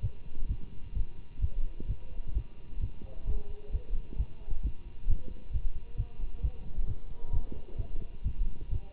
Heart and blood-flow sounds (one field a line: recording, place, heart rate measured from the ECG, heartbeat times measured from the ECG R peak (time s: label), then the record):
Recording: heart sounds by stethoscope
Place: between the tricuspid and mitral areas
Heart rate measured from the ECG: 131 bpm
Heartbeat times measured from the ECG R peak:
0.01 s: heartbeat
0.48 s: heartbeat
0.94 s: heartbeat
1.41 s: heartbeat
1.87 s: heartbeat
2.34 s: heartbeat
2.80 s: heartbeat
3.26 s: heartbeat
3.72 s: heartbeat
4.17 s: heartbeat
4.62 s: heartbeat
5.07 s: heartbeat
5.52 s: heartbeat
5.97 s: heartbeat
6.42 s: heartbeat
6.86 s: heartbeat
7.32 s: heartbeat
7.77 s: heartbeat
8.24 s: heartbeat
8.70 s: heartbeat
From the record:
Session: Bruce protocol treadmill stress test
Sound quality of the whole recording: good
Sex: male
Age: 24 years